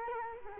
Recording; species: mosquito wingbeat signal from an infrared sensor; Culex quinquefasciatus